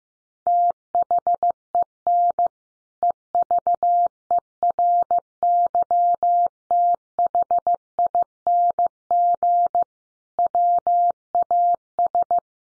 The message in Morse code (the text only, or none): THEN EVERYTHING WAS